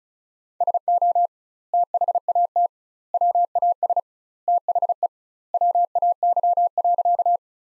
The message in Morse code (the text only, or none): SO THAT WAS THE WAY.